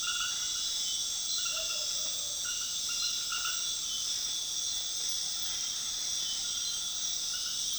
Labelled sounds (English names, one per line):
none